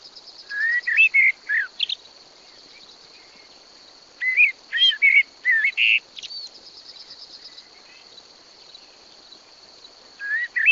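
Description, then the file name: Common blackbird delivering warbled, fluty song phrases in separate bursts with pauses between, some ending in high squeaky notes, against a continuous high-pitched buzz. "Turdus merula"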